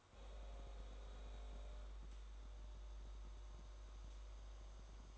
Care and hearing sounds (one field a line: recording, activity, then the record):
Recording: daily activity, microphone in the room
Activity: make coffee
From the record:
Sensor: 3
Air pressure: 1004.2 hPa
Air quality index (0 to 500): 199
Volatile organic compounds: 15 ppm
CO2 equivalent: 2497 ppm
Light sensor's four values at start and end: 5/12/4/4 and 5/12/4/4